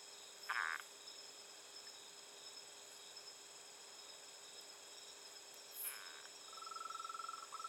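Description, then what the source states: Frog calling: two short, harsh bursts a few seconds apart, then a fast pulsed trill at the end. Recorded on 16 November 2020 at night, around 20:47.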